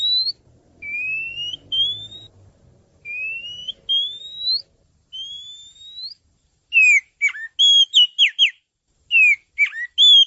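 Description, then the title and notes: Oriental magpie-robin song: clear whistled notes that slide upward, then a burst of quick, varied chirps and sharp downslurred notes, with a faint low rumble early on. Champion singing bird. "Kicau Burung Kacer Juara. Suara Kicauan Burung Kacer Juara"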